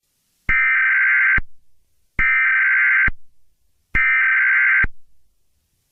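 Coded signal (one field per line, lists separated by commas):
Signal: Emergency Alert System (SAME) tones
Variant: header bursts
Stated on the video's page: Simulated EAS scenario.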